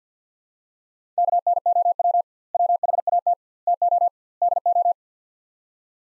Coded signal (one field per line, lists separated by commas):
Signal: Morse code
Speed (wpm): 47 wpm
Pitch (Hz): 700 Hz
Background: none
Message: KNOW WHAT TO DO